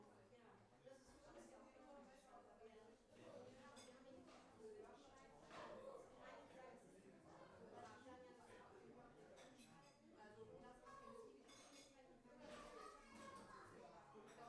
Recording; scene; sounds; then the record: everyday scene through a hearing-aid microphone; many people talking; many voices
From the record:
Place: parish hall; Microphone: behind the ear, left, front